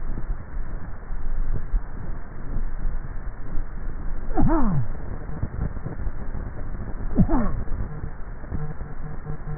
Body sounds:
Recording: swallowing sounds by neck microphone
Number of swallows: 4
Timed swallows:
0.12-0.82 s: swallow
1.58-2.15 s: swallow
3.08-3.58 s: swallow
5.78-6.42 s: swallow
From the record:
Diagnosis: dysphagia

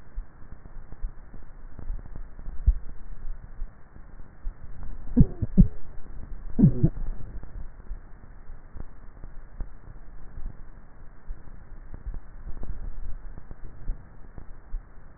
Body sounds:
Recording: swallowing sounds by neck microphone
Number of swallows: 2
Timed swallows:
2.68-3.25 s: swallow
12.65-13.15 s: swallow
From the record:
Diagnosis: dysphagia

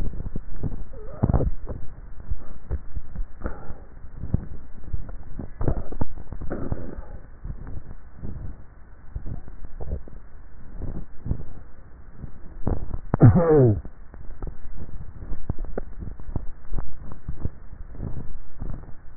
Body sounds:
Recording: swallowing sounds by neck microphone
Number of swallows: 5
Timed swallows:
1.82-2.38 s: swallow
2.42-3.75 s: swallow
6.08-6.65 s: swallow
14.62-15.38 s: swallow
16.72-17.45 s: swallow
From the record:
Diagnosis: dysphagia

